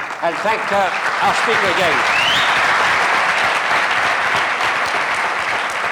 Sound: applause